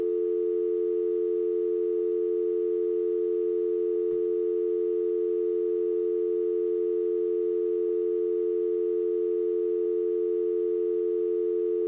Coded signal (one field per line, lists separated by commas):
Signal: telephone call progress tone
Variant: North America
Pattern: dial tone